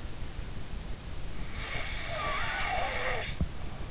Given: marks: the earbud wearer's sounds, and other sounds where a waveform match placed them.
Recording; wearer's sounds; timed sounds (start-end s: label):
sounds in sleep by an in-ear microphone; snoring breath
1.49-3.89 s: snoring breath